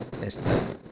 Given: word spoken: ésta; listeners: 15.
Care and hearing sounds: one Spanish word in noise, from a listening test; noise modulated by one talker; -7.9 dB; 2 of 15; 6 of 15; 0.52 s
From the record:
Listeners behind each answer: 6, 2, 2, 1, 1, 1, 1, 1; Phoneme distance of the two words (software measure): 7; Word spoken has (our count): 2 syllables, 4 phonemes, stress on syllable 1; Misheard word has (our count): 2 syllables, 5 phonemes, stress on syllable 2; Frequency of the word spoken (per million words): 164.14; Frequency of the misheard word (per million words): 303.37

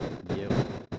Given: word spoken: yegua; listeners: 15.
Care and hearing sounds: one Spanish word in noise, from a listening test; noise modulated by one talker; -10.3 dB; 0 of 15; 6 of 15; 0.59 s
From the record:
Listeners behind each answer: 6, 4, 1, 1, 1, 1, 1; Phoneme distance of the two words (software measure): 17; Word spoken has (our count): 2 syllables, 5 phonemes, stress on syllable 1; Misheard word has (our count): 2 syllables, 4 phonemes, stress on syllable 1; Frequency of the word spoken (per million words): 3.49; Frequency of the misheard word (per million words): 6.47

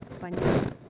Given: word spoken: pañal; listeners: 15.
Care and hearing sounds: one Spanish word in noise, from a listening test; noise modulated by one talker; -11.6 dB; 3 of 15; 6 of 15; 0.49 s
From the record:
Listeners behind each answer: 6, 3, 3, 1, 1, 1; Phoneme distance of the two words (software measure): 10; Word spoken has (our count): 2 syllables, 5 phonemes, stress on syllable 2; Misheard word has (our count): 2 syllables, 5 phonemes, stress on syllable 2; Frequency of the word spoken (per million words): 0.66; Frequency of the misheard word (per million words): 1.04

